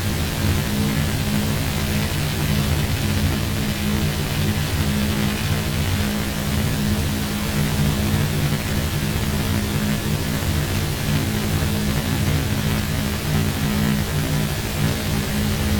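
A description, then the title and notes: Power grid hum recorded at the onset of a minor magnetic storm: a steady, layered drone with stacked low tones, the strongest sitting in the deep bass. A dense, even hiss fills the upper range, and the level holds constant throughout without distinct events. Sounds of the grid at the onset of a G1 magnetic storm. This recording covers the moment the planetary K index surged as the earth's magnetic field started to see the effects of the preceding CME.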